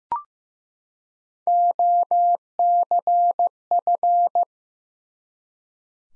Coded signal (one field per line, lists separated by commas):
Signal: Morse code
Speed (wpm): 15 wpm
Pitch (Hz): 700 Hz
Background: none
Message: OCF